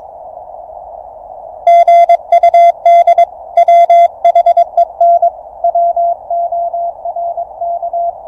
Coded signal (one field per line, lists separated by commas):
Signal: Morse code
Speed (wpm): 23 wpm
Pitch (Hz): 690 Hz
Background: none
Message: GUD WHEN WORK